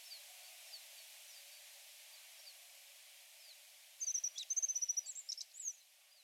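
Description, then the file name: Alpine accentor call, a quick high chirruping trill lasting under two seconds after faint thin notes, over a steady hiss. Recorded at Norikura on 24 August 2021. "iwahibari 210824 norikura kuroda"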